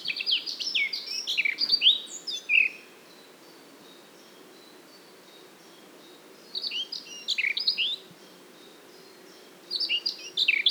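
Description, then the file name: Eurasian blackcap giving three short warbled phrases of quick, tumbling whistled notes, the first longest, with quiet pauses between them over faint hiss. "Sylvia atricapilla"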